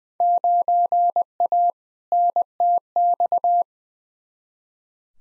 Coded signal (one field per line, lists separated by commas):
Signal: Morse code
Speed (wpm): 20 wpm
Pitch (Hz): 700 Hz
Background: none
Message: 9A NTX